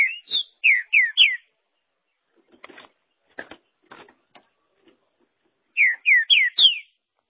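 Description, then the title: Green-winged saltator song: a rapid run of slurred whistled notes, a gap filled with soft clicks and rustles, then the same whistled phrase repeated. "Trinca Ferro"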